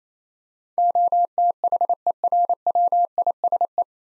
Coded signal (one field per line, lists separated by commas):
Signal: Morse code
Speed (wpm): 28 wpm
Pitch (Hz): 700 Hz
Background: none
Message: OTHERWISE